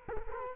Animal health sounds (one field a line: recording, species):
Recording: mosquito wingbeat signal from an infrared sensor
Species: Culex quinquefasciatus